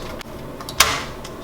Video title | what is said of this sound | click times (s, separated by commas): Samsung dishwasher upper rack crooked? | and i need just this row of tabs to be above this cross piece so i need to push down a little bit until it pops into place | 0.8 s